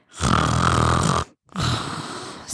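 Two loud, rough, rumbling snores, each about a second long, separated by a brief pause. Deep, fluttering snoring from a pit bull mix dog, so heavy it could pass for a grown 50-year-old man's snore; pit bulls snore very loudly.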